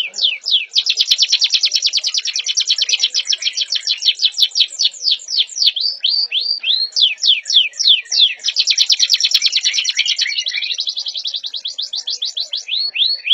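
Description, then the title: Atlantic canary song with fast chattering trills and repeated steep downward-sweeping notes, pace shifting between rapid rolls and slower strokes, nearly continuous throughout. Canary singing in the Indonesian "kalitan" song style, "gela gelo" variant, presented as a wrong example of the style. "KENARI KALITAN GAYA GELA GELO"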